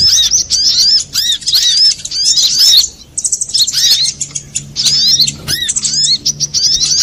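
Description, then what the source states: Little spiderhunter, fast phrases of high squeaky slurred notes, a pause near the third second, then further chattering bursts. Master recording (masteran) for training cage birds, labelled Labaik.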